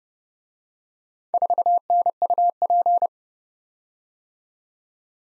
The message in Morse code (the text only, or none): 4NUP